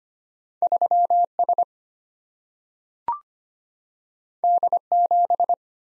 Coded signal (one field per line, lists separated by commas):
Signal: Morse code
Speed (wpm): 25 wpm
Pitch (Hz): 700 Hz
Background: none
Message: 3S D7